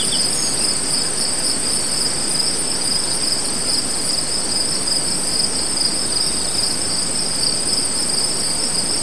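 Cricket keeps up an unbroken, high, ringing trill at two pitches over a continuous background hiss.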